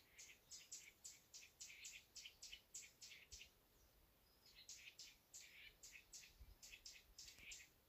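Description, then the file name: Eurasian nuthatch calls, a fast series of short high sharp notes about three per second, pausing briefly midway before resuming. "Sitta europaea"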